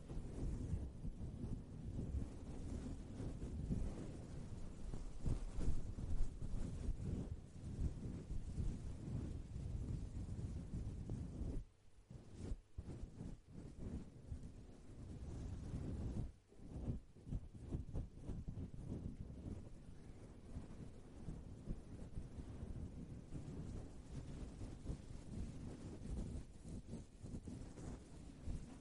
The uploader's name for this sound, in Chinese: 头顶抓挠少量吹气